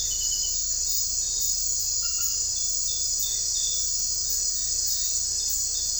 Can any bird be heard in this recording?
no